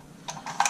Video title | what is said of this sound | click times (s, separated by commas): Unofficial* disassembly of Panzer AR 12PRO | you have to push it in just till it clicks | 0.6 s